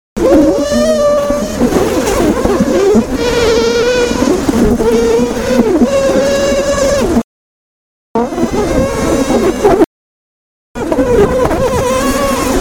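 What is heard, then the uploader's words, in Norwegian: A colony of bees buzzes loudly and densely while being attacked by giant hornets, a thick drone with wavering, rising and falling pitches layered over one another. The sound cuts out completely twice, around seven and ten seconds, then resumes. Lyd fra bier når kolonien ble angrepet av kjempeveps.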